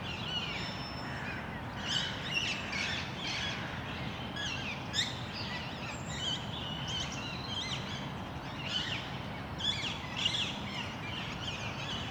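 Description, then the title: Parakeet flock screeching: many rasping, squealing calls overlapping in irregular clusters, with a constant low rumble underneath. Parc Duden, Forest, Brussels-Capital, Belgium; just before nightfall; recorded with Zoom MicTrak M4 internal XY microphones. "Parc Duden, Forest, Bruxelles-Capitale, Belgique - Parakeets - Perruches"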